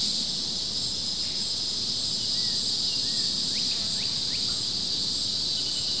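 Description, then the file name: Crickets producing a steady, dense high-pitched drone, with a few faint brief bird chirps midway. Crickets with birds in the background; recorded by Kevin Boucher. "kevin boucher animals insects crickets some flies birds in background"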